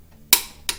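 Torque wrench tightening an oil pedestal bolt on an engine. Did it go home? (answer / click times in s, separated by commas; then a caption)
yes / 0.3 s. A click-type torque wrench tightens the oil pedestal bolt on an engine. A loud, sharp click at 0.3 s shows the wrench reaching its set torque, followed by a quieter tick at 0.7 s. The bolt is torqued to spec.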